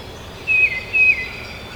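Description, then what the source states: Tufted titmouse giving two loud whistled notes that drop in pitch, one after the other in under a second. Recorded at Trempealeau on 12 May 2018.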